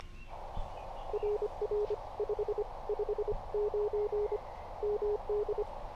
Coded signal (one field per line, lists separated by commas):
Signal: Morse code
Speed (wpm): 25 wpm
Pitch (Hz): 420 Hz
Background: none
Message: RR559 MD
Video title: Emtech ZM-2 ATU for POTA activations